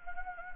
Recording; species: mosquito wingbeat signal from an infrared sensor; Anopheles gambiae